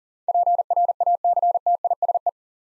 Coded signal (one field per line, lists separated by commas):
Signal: Morse code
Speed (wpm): 40 wpm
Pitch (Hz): 700 Hz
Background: none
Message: PRACTISE